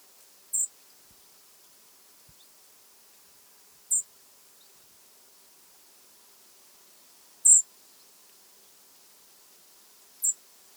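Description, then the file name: European robin calling with thin, very high tsee notes, four in total, spaced about three seconds apart with silence between. "Erithacus rubecula"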